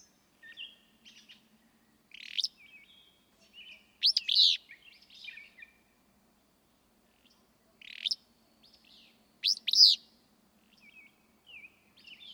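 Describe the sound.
Willow flycatcher song: sharp, sneezy buzzy phrases in two bursts several seconds apart, with thin whistles and twitters between.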